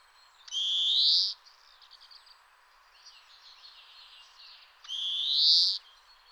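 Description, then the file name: European greenfinch: two long, rising, buzzy wheezes, roughly four seconds apart, with soft scattered twitters in the gap. "Chloris chloris"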